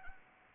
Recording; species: mosquito wingbeat signal from an infrared sensor; Anopheles arabiensis